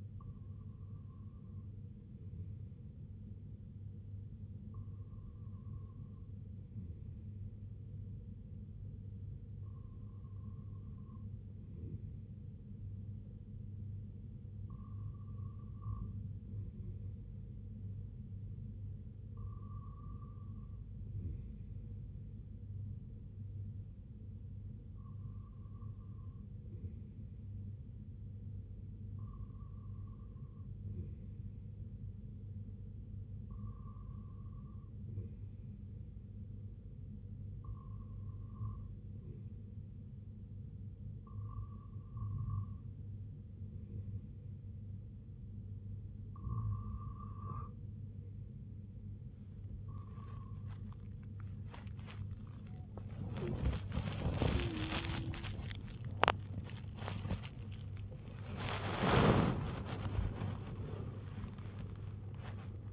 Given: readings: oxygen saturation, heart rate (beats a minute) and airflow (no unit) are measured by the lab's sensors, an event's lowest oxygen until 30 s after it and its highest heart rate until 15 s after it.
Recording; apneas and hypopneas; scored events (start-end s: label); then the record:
breathing in sleep by a smartphone at the bedside; none
27.00-57.00 s: new sleep stage, awake
32.00-62.93 s: awake
57.00-62.93 s: new sleep stage, N1 (lightest sleep)
From the record:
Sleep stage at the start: REM sleep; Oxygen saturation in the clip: 96%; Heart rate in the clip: 61 to 92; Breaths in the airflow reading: 13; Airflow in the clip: -8.0 to 5.7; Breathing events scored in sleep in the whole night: 258 in 7.4 hours asleep